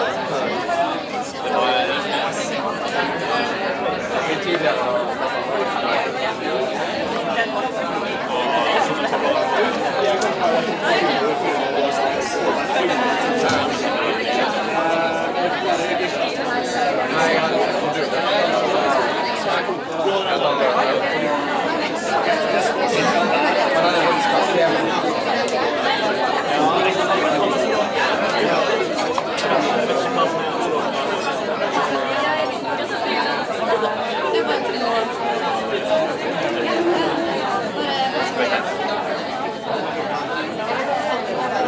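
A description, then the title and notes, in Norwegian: Many people talk at once, their voices blending into a dense, steady murmur. The crowd chatter stays level throughout, mostly mid-pitched, with occasional brief clinks and sharper knocks rising out of the din. Lyden av mange mennesker som prater, ler, drikker og spiser.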